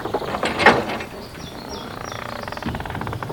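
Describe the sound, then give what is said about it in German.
A boat docking at a pier at a zoo, beside the large hippopotamus pool: a dull knock early on, then creaking, squeaking mechanical whines and a steady rattling clatter, like ropes and gear straining as the hull settles. “Das Boot liegt gleich an.”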